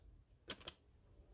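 The plastic cutting arm of a Stampin' paper trimmer is pressed down onto its base and snaps into its resting position, with no separate locking mechanism. Two sharp plastic clicks sound at 0.5 s and 0.7 s against a quiet background as the arm seats in place.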